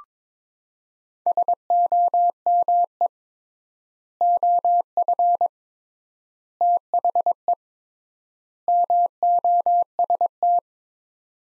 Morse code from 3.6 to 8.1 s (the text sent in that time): OF THE